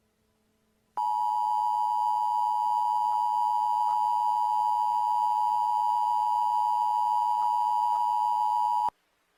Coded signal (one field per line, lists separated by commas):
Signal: Emergency Alert System (SAME) tones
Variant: 853 and 960 Hz attention tone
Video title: EAS Short #43 | East Coast Tsunami (Requested by @319dcars)